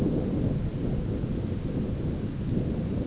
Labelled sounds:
none
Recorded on Arctic tundra, site ZACK-1, on 9 June 2019
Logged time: 13:49

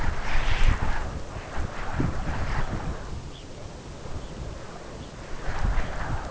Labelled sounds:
Red Phalarope
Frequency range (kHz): Red Phalarope 2.5-4.0 kHz
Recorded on Arctic tundra, site UTQI-5, on 12 June 2019
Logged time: 08:00

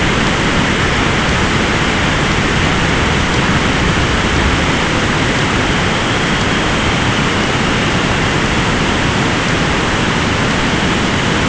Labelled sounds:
unidentified sound
Dunlin
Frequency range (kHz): Dunlin 2.3-4.2 kHz
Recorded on Arctic tundra, site ZACK-1, on 14 June 2019
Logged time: 23:49

